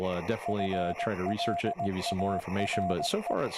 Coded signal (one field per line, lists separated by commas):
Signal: Morse code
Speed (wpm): 18 wpm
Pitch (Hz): 690 Hz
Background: speech, radio noise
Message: FLARE